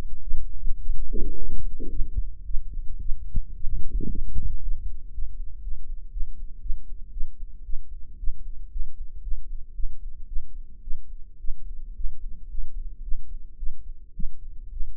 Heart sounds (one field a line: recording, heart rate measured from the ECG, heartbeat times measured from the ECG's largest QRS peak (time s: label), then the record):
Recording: heart sounds by microphone in the right ear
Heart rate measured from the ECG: 112 bpm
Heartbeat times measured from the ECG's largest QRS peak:
0.22 s: heartbeat
0.81 s: heartbeat
1.36 s: heartbeat
1.91 s: heartbeat
2.45 s: heartbeat
3.00 s: heartbeat
3.55 s: heartbeat
4.10 s: heartbeat
4.62 s: heartbeat
5.13 s: heartbeat
5.63 s: heartbeat
6.12 s: heartbeat
6.61 s: heartbeat
7.12 s: heartbeat
7.64 s: heartbeat
8.18 s: heartbeat
8.71 s: heartbeat
9.23 s: heartbeat
9.74 s: heartbeat
10.27 s: heartbeat
10.82 s: heartbeat
11.39 s: heartbeat
11.95 s: heartbeat
12.49 s: heartbeat
13.03 s: heartbeat
13.57 s: heartbeat
14.14 s: heartbeat
14.71 s: heartbeat
From the record:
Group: healthy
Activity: rest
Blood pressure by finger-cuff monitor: 135/82 mmHg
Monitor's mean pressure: 97 mmHg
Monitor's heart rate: 109 bpm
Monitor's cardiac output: 8.9 L/min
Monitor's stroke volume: 81 mL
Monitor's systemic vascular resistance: 800 dyn s/cm5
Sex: female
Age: 19 years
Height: 163 cm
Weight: 51 kg